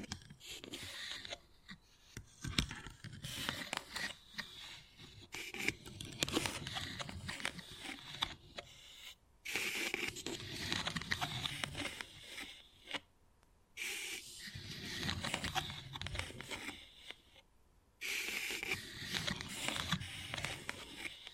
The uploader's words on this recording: ASMR Addictive Wood Carving, Tapping and Scratching Sounds (No Talking).